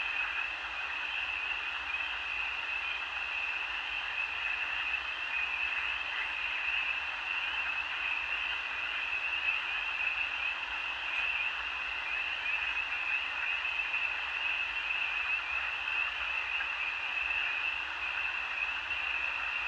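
A dense night chorus of crickets fills the marsh, a steady high trilling that never pauses or changes in loudness over the whole stretch. Many insects blend into one shimmering wash, with a faint low rumble underneath.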